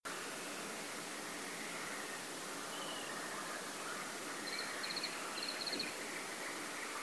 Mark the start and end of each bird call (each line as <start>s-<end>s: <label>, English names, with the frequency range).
2.70s-3.09s: Water Rail (2.7-3.2 kHz)